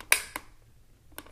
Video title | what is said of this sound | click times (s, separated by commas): Review: Dyson V6 Animal Cordless Vacuum | you take the extension wand and you slide them together until it clicks | 0.1 s